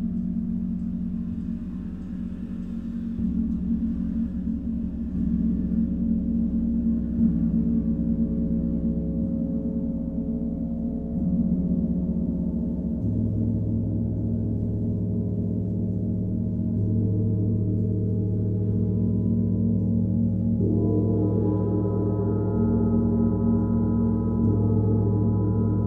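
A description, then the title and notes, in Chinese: A large gong rings continuously, its deep, dense hum swelling and shifting as new strikes layer over the fading ones. Low, rumbling tones dominate, with shimmering upper tones rising and falling throughout. The sound stays loud and sustained, never fully decaying. 銅鑼練習Gong。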